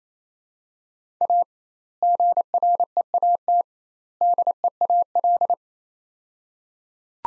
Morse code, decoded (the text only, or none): A GREAT DEAL